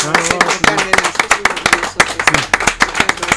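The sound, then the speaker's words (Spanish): An audience applauds the musicians present, a custom repeated every eight days, with many hands clapping in a dense, steady patter of sharp, overlapping claps at a fairly loud level, with a faint murmur of voices underneath. “y los griegos inventaron el aplauso porque frotar las palmas de las manos creas energía, y como eran callejeros, no cobraban, su aplauso era el pago de su público, y hacemos esto cada 8 días a los músicos que están presentes.”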